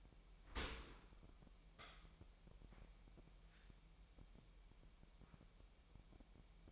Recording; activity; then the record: daily activity, microphone in the room; open dishwasher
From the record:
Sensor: 1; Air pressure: 998.4 hPa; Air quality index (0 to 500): 136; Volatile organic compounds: 4 ppm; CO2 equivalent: 1632 ppm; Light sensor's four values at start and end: 17/58/23/23 and 17/58/23/23